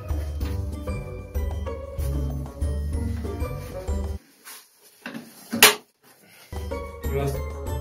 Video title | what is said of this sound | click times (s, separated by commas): Protection backpack for MACBOOK Pro 16–PELICAN U100 ELITE #macbook #backpacking #best #case #elite | always close until the nice click. | 5.6 s